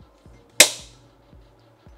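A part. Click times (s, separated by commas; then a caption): 0.6 s. A license plate is pushed up between two Teflon guides into a Camoletto Racing & On Off quick-release plate holder on an enduro motorcycle tail. At 0.6 s the quick-release catch snaps shut on its own with a sharp, bright click that decays quickly, with only faint low thumps around it. The plate is seated and locked in the holder.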